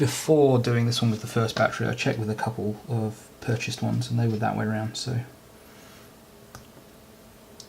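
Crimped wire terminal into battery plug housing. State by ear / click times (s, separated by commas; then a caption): seated / 7.6 s. Someone talks for the first five seconds, then in near quiet a crimped terminal on the first battery lead of an NiMH pack for a Taranis X7 is poked into its plastic connector housing. A faint tick comes at 6.6 s, and the retaining tab catches with a sharp click at 7.6 s, seating the pin so it won't come out again.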